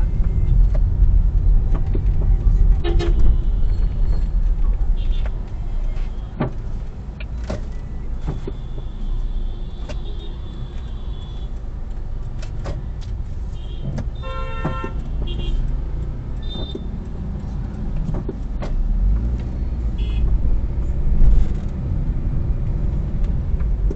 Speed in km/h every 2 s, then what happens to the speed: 16, 7, 0, 0, 0, 0, 0, 0, 2, 7, 19, 23.
0-3 brakes to 0. 3-16 standing. 16-24 pulls away to 23.